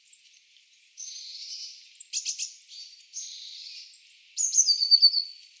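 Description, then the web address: Eurasian blue tit calls: thin high notes, two long buzzy churring stretches, a sharp burst near two seconds, then a bright trill to finish. "cianscape. Deverinetal"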